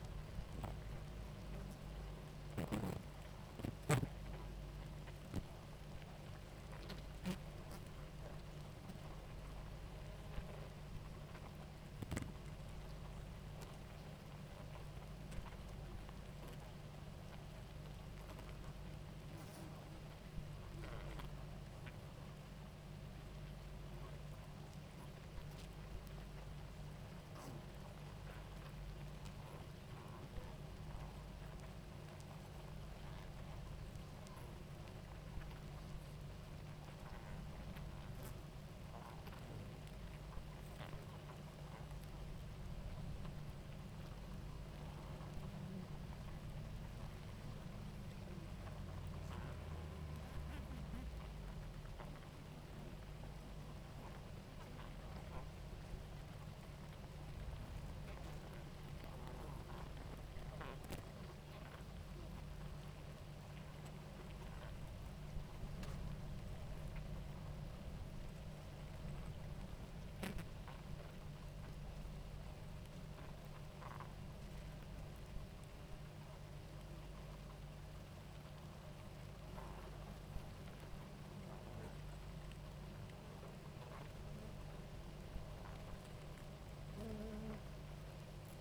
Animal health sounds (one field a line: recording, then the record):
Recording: honeybee colony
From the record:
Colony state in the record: active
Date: 28 July 2017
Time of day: 18:25